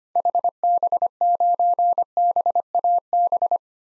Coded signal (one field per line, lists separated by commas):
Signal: Morse code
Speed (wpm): 25 wpm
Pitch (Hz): 700 Hz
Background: none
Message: HB9BAB